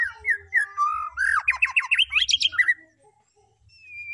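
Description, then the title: White-rumped shama song of slurred whistles building into a fast, loud rattling trill, then silence and one thin high whistle at the end. Lure recording of a vigorously singing (gacor) white-rumped shama, used to make the bird respond. "PANCINGAN MURAI BATU GACOR LANGSUNG RESPON"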